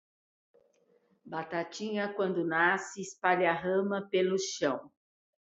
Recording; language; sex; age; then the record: short text; Brazilian Portuguese; female; 60 to 69 years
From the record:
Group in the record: control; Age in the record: 69 years